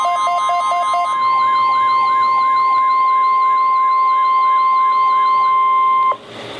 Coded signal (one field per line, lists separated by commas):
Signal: Emergency Alert System (SAME) tones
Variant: 1050 Hz attention tone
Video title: Required Weekly Test - 08/08/12 (EAS #300)